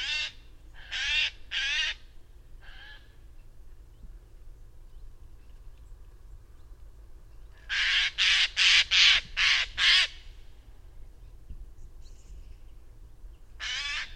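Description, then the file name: Eurasian jay calling with harsh, tearing screeches: a few scattered at first, then a fast run of several in quick succession, and one more at the end. "Garrulus glandarius"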